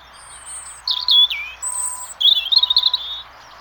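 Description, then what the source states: Birds chirp in short high bursts, with a thin whistle, a sliding twitter and a fast trilled series toward the end. Close up in the countryside in winter.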